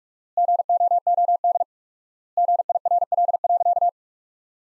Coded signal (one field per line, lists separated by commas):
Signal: Morse code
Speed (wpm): 46 wpm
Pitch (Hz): 700 Hz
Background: none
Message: GOOD GIRL.